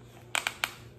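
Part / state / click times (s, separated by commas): ratchet belt buckle engaging the toothed track inside a belt / seated / 0.4 s, 0.5 s, 0.6 s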